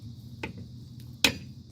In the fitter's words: there it is click